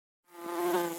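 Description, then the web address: Bee buzz: a steady, harmonic-rich drone that starts abruptly after a brief silence and holds a constant pitch to the end. "пчела"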